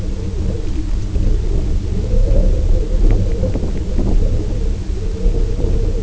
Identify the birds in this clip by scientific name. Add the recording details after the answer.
none. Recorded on Arctic tundra, site UTQI-0, on 19 June 2018. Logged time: 22:00